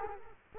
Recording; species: mosquito wingbeat signal from an infrared sensor; Culex quinquefasciatus